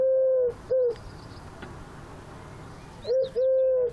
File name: Tourterelle Turque Eurasian Collared Dove Chant